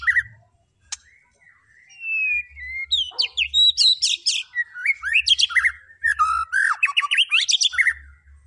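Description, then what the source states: White-rumped shama song: varied phrases of whistles and rapid rising and falling notes, with loud bursts of chattering trills in the second half. Lure song to make the bird respond; bird described as gacor (singing constantly).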